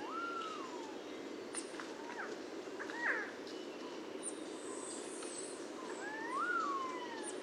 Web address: sound Resplendent-quetzal. صدای-پرنده-درازدامن-درخشان